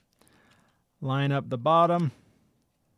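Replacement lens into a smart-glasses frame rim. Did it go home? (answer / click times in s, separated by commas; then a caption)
no / none. A replacement clear lens is being lined up at the bottom of a Ray-Ban Meta smart-glasses frame rim by hand, with faint handling ticks near the start before someone talks. The clip ends before the lens is pressed home, so nothing has seated or clicked yet.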